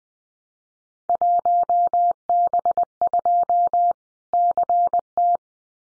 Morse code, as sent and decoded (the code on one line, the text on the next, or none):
.---- -... ..--- / -.-. -
1B2 CT